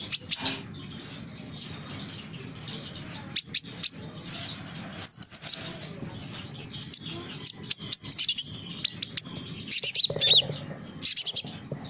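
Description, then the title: Small bird sounding scattered high tweets, sparse at first, then growing into denser runs of quick chirps toward the end. "Burung Kecil"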